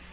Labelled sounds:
Black-throated Green Warbler (Setophaga virens) flight call

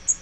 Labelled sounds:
Blackpoll Warbler (Setophaga striata) flight call

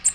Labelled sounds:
American Redstart (Setophaga ruticilla) flight call

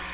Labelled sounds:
Black-throated Green Warbler (Setophaga virens) flight call

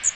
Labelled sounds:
Magnolia Warbler (Setophaga magnolia) flight call

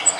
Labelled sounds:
Cape May Warbler (Setophaga tigrina) flight call

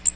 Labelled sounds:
Magnolia Warbler (Setophaga magnolia) flight call

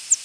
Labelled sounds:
Northern Parula (Setophaga americana) flight call

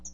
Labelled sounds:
Hooded Warbler (Setophaga citrina) flight call

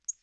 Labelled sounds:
Tennessee Warbler (Leiothlypis peregrina) flight call

